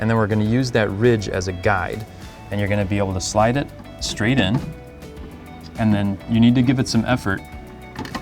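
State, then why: Not seated. A new cylindrical plastic FPPWFU01 water filter cartridge, its two nozzles turned vertical, is slid straight along its guide ridge into the filter housing in the upper right of the fridge compartment of a Frigidaire 33" side-by-side refrigerator. Someone talks over music, and a few brief handling taps sound near the end at about 8.0, 8.1 and 8.2 seconds. The filter needs a firm push, and nothing has seated or clicked yet.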